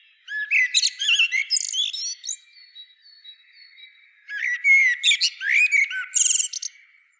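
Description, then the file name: Common blackbird singing two phrases of rapid fluty whistles mixed with squeaky high twitters, separated by a short quiet gap with a thin sustained tone. "Turdus merula"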